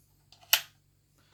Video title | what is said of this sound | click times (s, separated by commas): Strip and Assemble M & P 15 22 Sport (Gen 2) MOE UK Edition | just come out that far when they click and stop don't pull them all the way out they're not designed to come all the way out and | 0.5 s